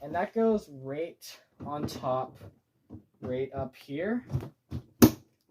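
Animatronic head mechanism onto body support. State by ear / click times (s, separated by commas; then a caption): seated / 5.0 s. Someone talks while the head and mechanism unit of a Spirit Halloween Lil Jack Carver animatronic is placed on top of its body support. At 5.0 s it locks into place with a single sharp knock, and the head is seated on the body.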